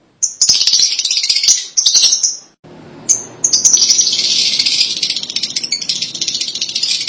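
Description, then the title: Lovebird chatter: long, dense streams of shrill, rasping high notes, broken once by a short pause before resuming with more rapid squeaky calls. "BM Suara Burung Lovebird"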